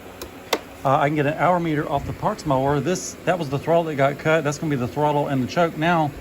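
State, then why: Seated. A replacement throttle/choke control lever with its cable is pushed into the opening in a mower's control panel, and it snaps into place with a sharp, short click at 0.5 s, seating it. A faint tick comes just before, and then someone talks for the rest of the clip.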